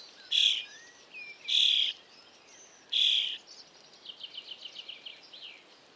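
Eurasian starling harsh calls, three loud grating bursts followed by a quick run of softer clicking, rattling notes.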